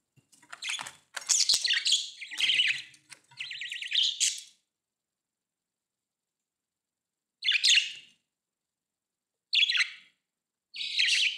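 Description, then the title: Budgerigar chattering: a run of scratchy, warbling bursts for about four seconds, then three short separate chirpy calls after pauses. "Budgie Sounds"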